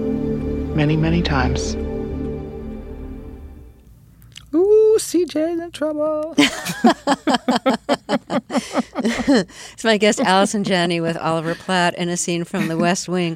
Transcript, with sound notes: Many, many times.
Ooh, C.J.'s in trouble.
(LAUGHTER)
That's my guest, Allison Janney, with Oliver Platt in a scene from "The West Wing."